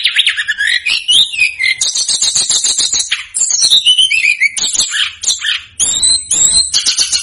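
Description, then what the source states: Snowy-browed flycatcher song, a fast, busy stream of high thin whistles, descending slurs and dry clicking notes, with barely a pause throughout. Masteran for training cage birds; Indonesian names tledekan gunung and sikatan gunung.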